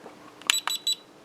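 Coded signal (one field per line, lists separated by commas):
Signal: beep code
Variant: RC transmitter mode beeps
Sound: a soft click, then 3 quick high-pitched electronic beeps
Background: quiet room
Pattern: 3 short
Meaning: Three beeps indicate expert flight mode is selected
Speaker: 3 beeps is expert mode.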